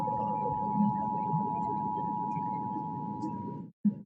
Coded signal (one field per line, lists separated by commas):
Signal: Emergency Alert System (SAME) tones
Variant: 853 and 960 Hz attention tone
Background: speech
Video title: A SHORT LIVED TORNADO WATCH.... (EAS ALERTS 2639-2657 FROM 9/22/21)